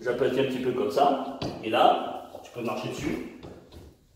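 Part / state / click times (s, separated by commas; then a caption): laminate floor plank into adjacent plank's click joint / not seated / none. A Colors laminate floor plank from Castorama, a wood-fibre board, is handled and pressed flat into the adjacent plank's click joint while someone talks. Two faint, short taps are heard near 3.4 and 3.7 seconds as the speech fades. Nothing has seated or clicked into place yet.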